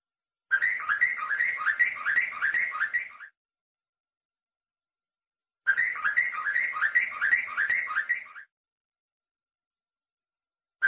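Canary song phrases of rapid, repeated downslurred notes forming rolling trills, each burst lasting about three seconds with silent gaps between.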